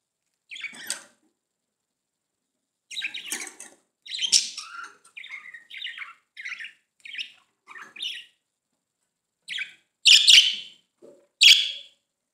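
Budgerigar chatter: groups of squeaky chirps and short buzzy notes in irregular phrases, ending with two louder harsh squawks.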